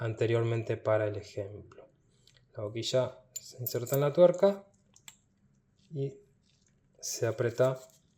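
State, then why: Not seated. An ER-style collet for a CNC router bit is handled at the clamping nut of a CNC router spindle, about to be pressed into the nut's eccentric ring, while someone talks. Two brief, faint ticks occur at about 5.0 and 5.1 s, but the collet has not snapped into the nut or seated yet.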